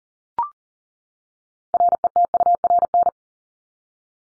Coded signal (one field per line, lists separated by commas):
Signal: Morse code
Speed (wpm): 40 wpm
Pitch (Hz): 700 Hz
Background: none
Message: RETURN